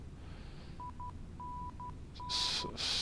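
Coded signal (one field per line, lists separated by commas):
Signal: none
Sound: autopilot warning beeps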